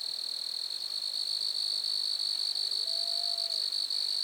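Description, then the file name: Grasshopper stridulation, a constant high rapid trill, with a faint low whistled note rising and holding near the end. Lac-à-François, Montcerf-Lytton, Quebec, Canada. "criquets-grasshoppers- -lac-acc 80-franccca 7 ois-montcerf-lytton-quecc 81 bec-canada"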